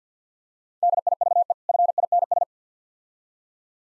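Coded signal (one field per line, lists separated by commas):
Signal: Morse code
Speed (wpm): 53 wpm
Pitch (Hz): 700 Hz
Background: none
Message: DIVE FINS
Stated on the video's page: Morse speed practice at 50 wpm of difficult words with contextual hints.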